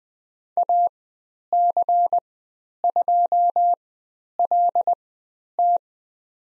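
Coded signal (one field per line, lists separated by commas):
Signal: Morse code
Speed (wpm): 20 wpm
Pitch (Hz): 700 Hz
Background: none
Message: AC2LT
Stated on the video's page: Morse code course lesson on letter C and call signs, Farnsworth speed 20/10 wpm.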